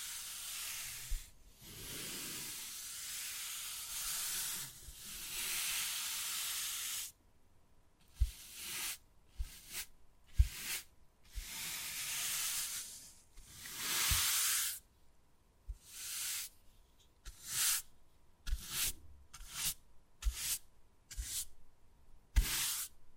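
Wood carving begins with about seven seconds of steady, airy scratching. After that the scraping breaks into short strokes of varying length with brief silences between, and soft low taps land every second or so, quickening toward the end.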